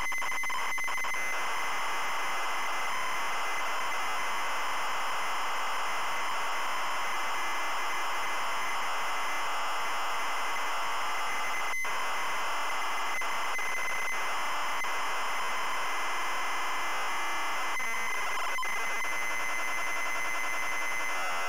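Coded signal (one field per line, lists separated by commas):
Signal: ZX Spectrum tape loading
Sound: continuous harsh buzzing screech of tape data, steady and raspy throughout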